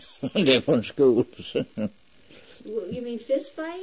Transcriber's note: he laughs